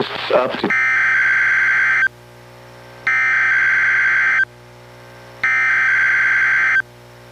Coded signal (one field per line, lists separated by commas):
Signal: Emergency Alert System (SAME) tones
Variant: header bursts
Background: speech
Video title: EAS #935: NWR Required Weekly Test- May 29, 2024- 11:25AM PDT